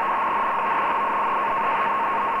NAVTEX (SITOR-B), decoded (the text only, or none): NNNN